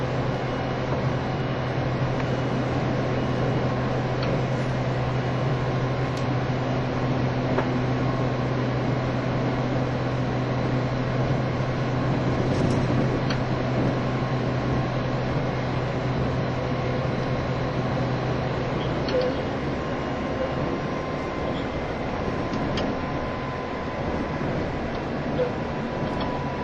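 Inside a JR East E351 series tilting express train, the Super Azusa, a steady low rumble and hum fill the whole recording at an even level. A constant motor whine runs underneath, and a few brief clicks and knocks appear around the middle and near the end.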